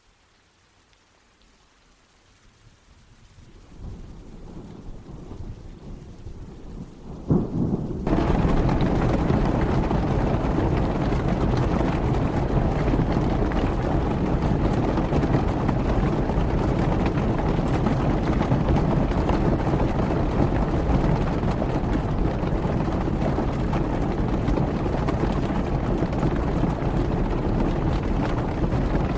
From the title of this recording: Serene Rain Sounds